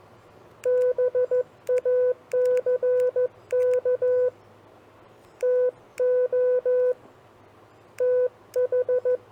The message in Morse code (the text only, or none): BACK TO TH